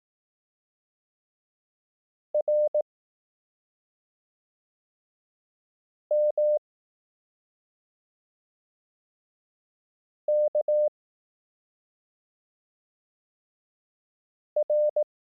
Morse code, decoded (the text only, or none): R M K R